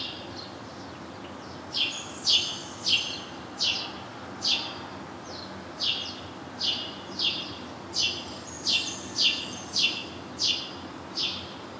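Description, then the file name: House sparrow giving repeated sharp chirps, about one every half second after a short quiet start, some doubled. "Passer domesticus"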